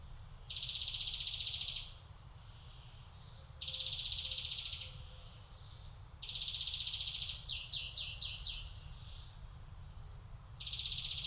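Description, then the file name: European greenfinch wheezing: several drawn-out buzzy notes, with one quick burst of rapid repeated notes between them. "Chloris chloris"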